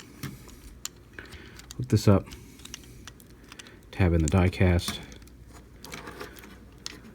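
A plastic tab on a Maketoys MTRM-03 Hellfire robot figure is handled and lined up with its slot in the diecast part, with small scattered clicks and taps as someone talks. The part has not gone home yet, and nothing has seated or clicked into place.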